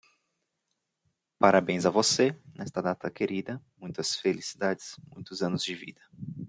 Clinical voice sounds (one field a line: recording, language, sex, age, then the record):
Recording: short text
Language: Brazilian Portuguese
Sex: male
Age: 20 to 29 years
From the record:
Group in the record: control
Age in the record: 27 years